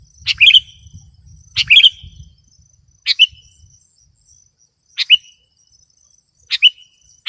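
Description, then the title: Sooty-headed bulbul uttering short chirpy phrases at irregular intervals, with low rumbling noise early and a high insect hum. "kutilang"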